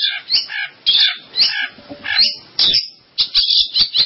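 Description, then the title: Long-tailed shrike song in short harsh bursts: scratchy squawking phrases separated by brief pauses, then a quick cluster of clipped, sharp notes. "Kicau Burung Pentet"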